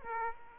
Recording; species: mosquito wingbeat signal from an infrared sensor; Aedes aegypti